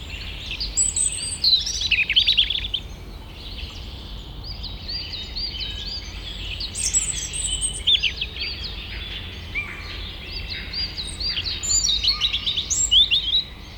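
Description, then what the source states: Birds singing in a busy chorus, many high chirps, whistles and short trills overlapping throughout, over a steady low rumble of background noise. Forest ambience with birds in the forest.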